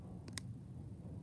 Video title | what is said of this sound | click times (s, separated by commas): Dry Erase Tutorial | Did you hear that? That means that your marker's closed. | 0.4 s